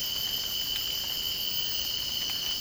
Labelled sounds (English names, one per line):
none